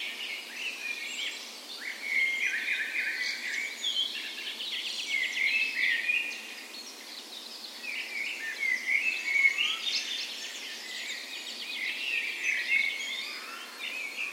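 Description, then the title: Birds singing at dawn, many overlapping twittering phrases, trills and whistled notes. Spring dawn chorus recorded on the morning of 17 May, Norway's National Day, in a park west in Bergen, Norway; Sony PCM A10 recorder with LOM micro Usi microphones as tree ears. "17th Of May Dawn Chorus"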